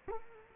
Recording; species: mosquito wingbeat signal from an infrared sensor; Culex quinquefasciatus